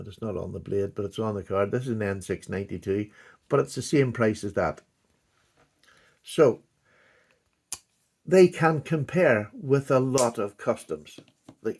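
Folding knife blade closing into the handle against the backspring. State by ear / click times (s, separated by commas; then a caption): seated / 7.7 s. Someone talks while closing the blade of a slipjoint pocket knife, and at 7.7 s the blade snaps shut into the handle against the backspring with a single sharp snap. The blade is seated, and the talking continues afterward.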